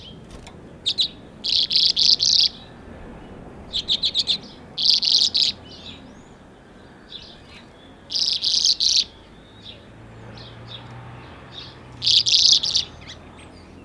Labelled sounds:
Common Redpoll (Carduelis flammea) song

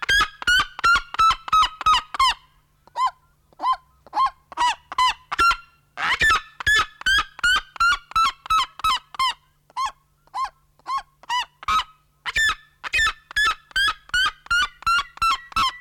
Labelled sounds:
Red-legged Seriema (Cariama cristata) call

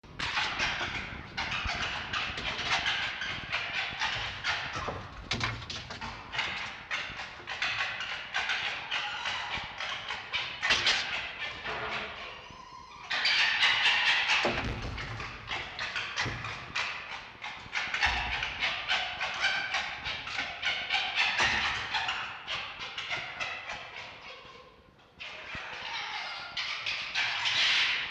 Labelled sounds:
Red Fox (Vulpes vulpes)

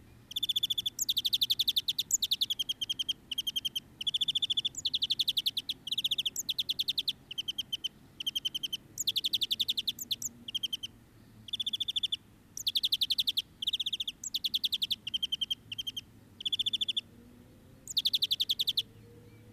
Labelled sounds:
European Greenfinch (Chloris chloris) call

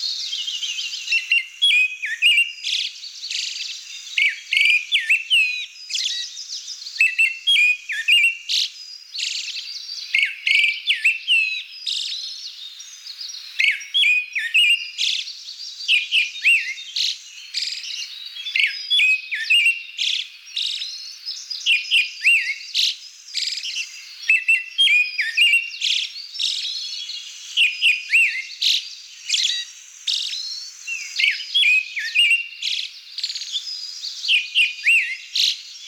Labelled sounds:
Pale Thrush (Turdus pallidus) song

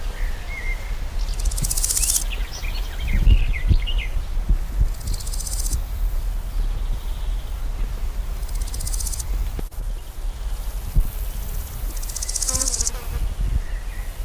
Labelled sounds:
Large Gold Grasshopper (Chrysochraon dispar) stridulation

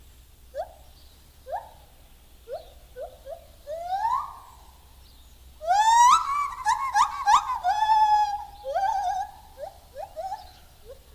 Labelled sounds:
Lar Gibbon (Hylobates lar) call

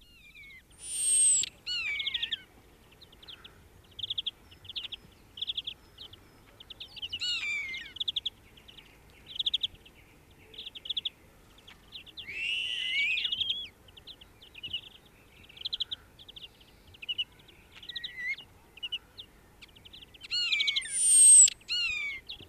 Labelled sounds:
European Starling (Sturnus vulgaris) song

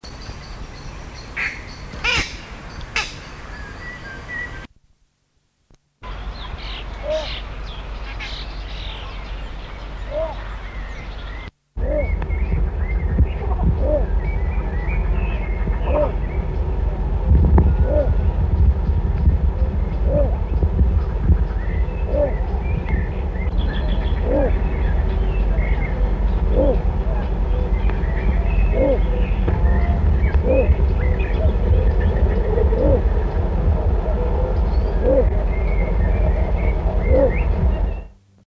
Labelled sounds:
Little Bittern (Ixobrychus minutus) call

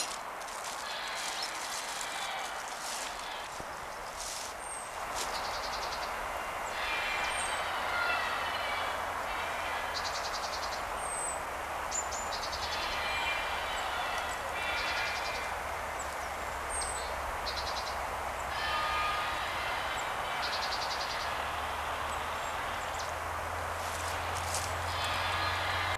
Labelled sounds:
Eurasian Nuthatch (Sitta europaea) song

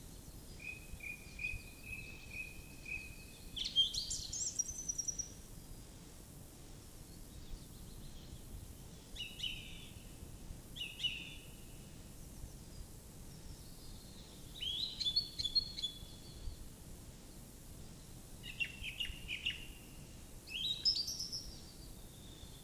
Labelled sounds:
Song Thrush (Turdus philomelos) song

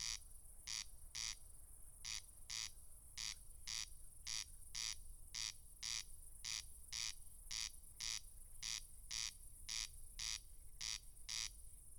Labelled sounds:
Corn Crake (Crex crex) song

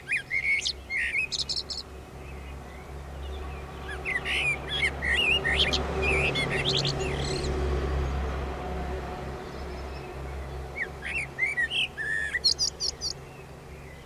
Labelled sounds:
Common Blackbird (Turdus merula) song

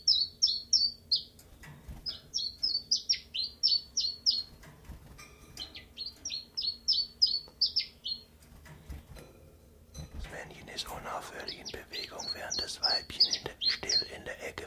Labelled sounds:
Common Chiffchaff (Phylloscopus collybita)

